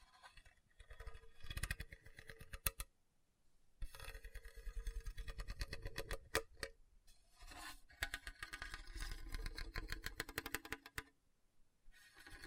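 Scratching over a hard, bumpy surface comes in three dense bursts of rapid, rattling strokes, with short pauses near three and seven seconds. The scraping is gritty and full from low rumble to bright hiss, broken by sharp clicks, and sounds somewhat mechanical.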